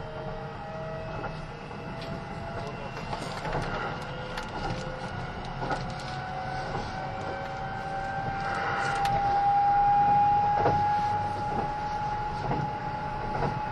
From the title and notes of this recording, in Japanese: 近鉄80000系 (10番台日立製)ひのとり3113レ 01/01:近鉄名古屋～五十鈴川。Vehicles in the 10th series are equipped with Hitachi equipment in the control device and traction motor.